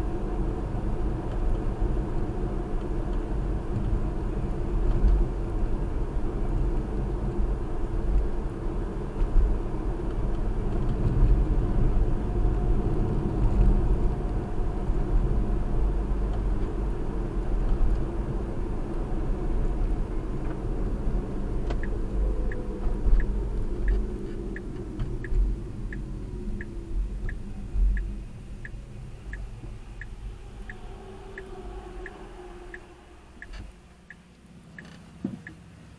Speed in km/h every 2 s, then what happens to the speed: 63, 61, 61, 60, 61, 61, 61, 61, 61, 56, 50, 42, 27, 16, 10, 3, 0, 0.
0-17 steady at about 61. 17-31 brakes to 0. 31-36 standing.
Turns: none.